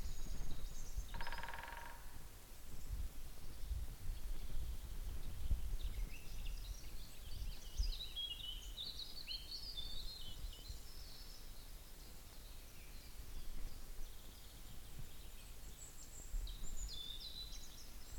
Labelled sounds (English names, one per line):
Willow Warbler